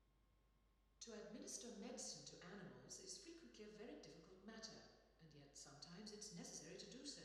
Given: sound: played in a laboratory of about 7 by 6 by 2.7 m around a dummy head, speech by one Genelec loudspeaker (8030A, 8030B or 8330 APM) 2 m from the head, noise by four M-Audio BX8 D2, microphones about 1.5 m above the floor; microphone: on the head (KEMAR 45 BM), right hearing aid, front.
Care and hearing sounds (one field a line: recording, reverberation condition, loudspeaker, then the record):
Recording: female speech in English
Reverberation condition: high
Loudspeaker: 30 degrees to the right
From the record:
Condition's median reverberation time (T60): about 1300 ms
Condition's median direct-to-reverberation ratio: about -4.0 dB